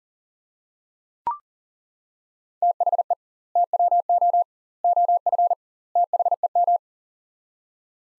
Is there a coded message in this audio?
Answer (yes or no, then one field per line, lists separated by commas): yes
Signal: Morse code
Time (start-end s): 2.6-6.8 s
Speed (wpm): 40 wpm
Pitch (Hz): 700 Hz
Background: none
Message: THE TWO OF THEM